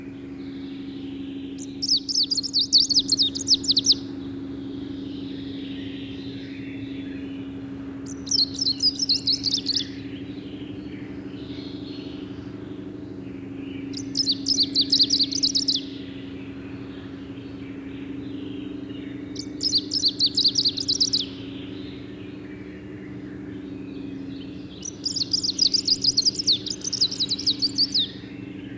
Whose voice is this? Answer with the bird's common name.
Greenish Warbler